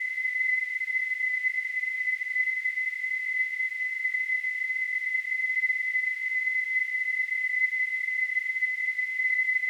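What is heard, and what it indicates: A steady, unbroken high-pitched tone near 2 kHz sounds for about ten seconds over a faint hiss. It is a simulated tinnitus sound, imitating the constant ringing some people hear without any outside source.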